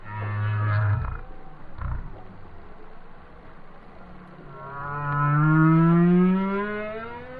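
Whale song: a deep groan and short pulses, then a long moan rising steadily in pitch.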